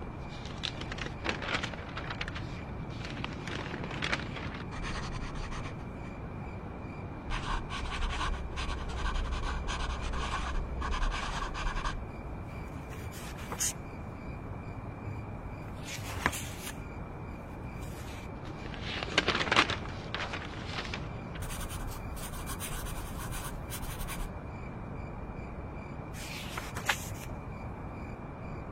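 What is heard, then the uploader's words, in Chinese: Pen writing and page turning at night over a steady low hum with a faint constant whine. Scratchy strokes come in short bursts and one longer stretch from about 7 to 12 seconds, with sharper rustles near 16, 19 and 27 seconds. 深夜在宿舍学习 超舒适夜间写字声翻书声。深夜宿舍学习 氛围白噪音。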